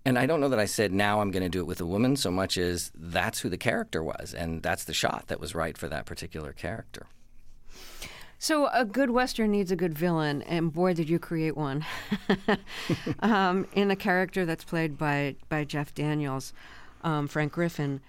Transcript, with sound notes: And I don't know that I said, now I'm going to do it with a woman so much as that's who the character was, and that's the shot that was right for that particular character.
So a good Western needs a good villain. And, boy, did you create one...
(LAUGHTER)
...In a character that's played by Jeff Daniels, Frank Griffin.